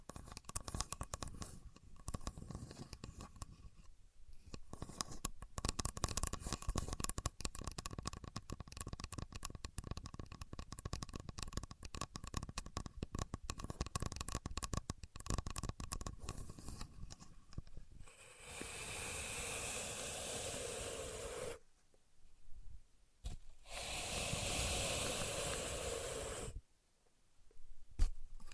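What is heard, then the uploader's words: A contour gauge is worked: for about eighteen seconds a dense run of fast clicking and ticking as its many pins slide and rattle, with faint steady tones underneath. Then come two long bright hissing rushes, separated by short pauses and scattered clicks. Using A Contour Gauge (No Talking).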